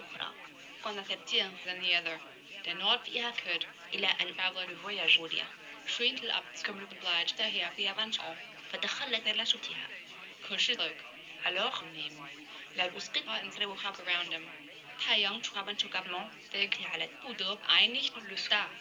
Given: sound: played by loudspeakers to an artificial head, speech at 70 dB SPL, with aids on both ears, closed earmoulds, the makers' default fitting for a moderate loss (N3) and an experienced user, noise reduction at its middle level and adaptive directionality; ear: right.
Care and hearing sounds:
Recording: speech test signal (ISTS) in cocktail-party noise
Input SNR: +9 dB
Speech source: in front (0 degrees)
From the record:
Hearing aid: class 1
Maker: G

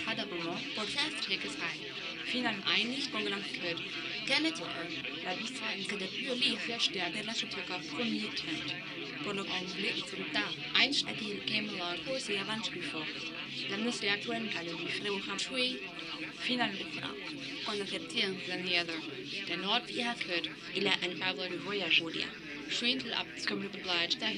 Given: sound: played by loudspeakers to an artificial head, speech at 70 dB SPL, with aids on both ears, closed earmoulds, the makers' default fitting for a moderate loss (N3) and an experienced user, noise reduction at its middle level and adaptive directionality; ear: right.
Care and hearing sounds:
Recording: speech test signal (ISTS) in cocktail-party noise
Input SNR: +3 dB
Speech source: in front (0 degrees)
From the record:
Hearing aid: class 2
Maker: D

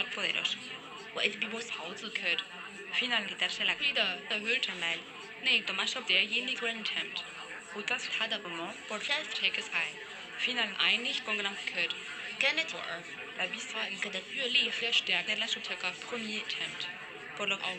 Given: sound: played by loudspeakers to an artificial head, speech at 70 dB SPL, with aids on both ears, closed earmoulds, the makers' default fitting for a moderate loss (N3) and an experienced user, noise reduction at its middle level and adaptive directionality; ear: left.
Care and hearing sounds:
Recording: speech test signal (ISTS) in cocktail-party noise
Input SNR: -6 dB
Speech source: in front (0 degrees)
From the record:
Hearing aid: class 1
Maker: I

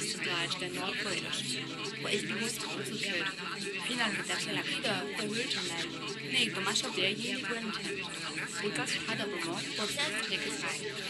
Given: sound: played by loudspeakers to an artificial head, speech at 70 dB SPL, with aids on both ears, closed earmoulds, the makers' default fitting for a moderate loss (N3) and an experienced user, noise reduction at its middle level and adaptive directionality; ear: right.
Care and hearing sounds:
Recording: speech test signal (ISTS) in cocktail-party noise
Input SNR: -6 dB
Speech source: in front (0 degrees)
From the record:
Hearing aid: class 1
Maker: E

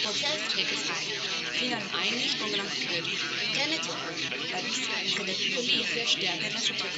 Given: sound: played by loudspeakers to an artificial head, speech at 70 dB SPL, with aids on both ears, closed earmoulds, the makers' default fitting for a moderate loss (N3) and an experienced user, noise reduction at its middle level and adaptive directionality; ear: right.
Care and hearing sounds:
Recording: speech test signal (ISTS) in cocktail-party noise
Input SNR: -3 dB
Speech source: in front (0 degrees)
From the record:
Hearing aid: class 1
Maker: A

